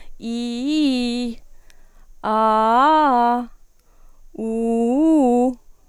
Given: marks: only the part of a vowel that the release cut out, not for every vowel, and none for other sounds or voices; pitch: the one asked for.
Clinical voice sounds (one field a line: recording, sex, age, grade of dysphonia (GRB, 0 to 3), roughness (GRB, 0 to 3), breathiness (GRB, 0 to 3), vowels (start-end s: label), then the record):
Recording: sustained vowels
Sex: female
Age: 30 to 39 years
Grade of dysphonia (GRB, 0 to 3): 0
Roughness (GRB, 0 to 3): 0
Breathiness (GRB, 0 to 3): 0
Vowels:
0.29-1.25 s: vowel /i/, low-high-low pitch
2.32-3.38 s: vowel /a/, low-high-low pitch
4.49-5.39 s: vowel /u/, low-high-low pitch
From the record:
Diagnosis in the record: healthy voice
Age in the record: 36 years